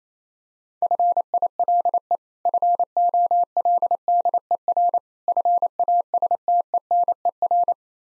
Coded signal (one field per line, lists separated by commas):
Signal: Morse code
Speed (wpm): 28 wpm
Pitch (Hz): 700 Hz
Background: none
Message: FILE FOLDER FASTENER